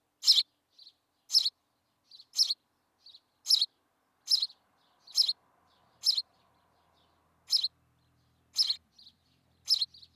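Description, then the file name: House sparrow giving repeated chirps roughly once a second, with small soft notes between, and a faint low hum in the background. "Passer domesticus"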